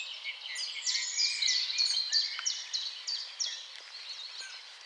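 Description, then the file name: Common chaffinch: a quick run of sharp, high notes, each slurring downward. "Fringilla coelebs"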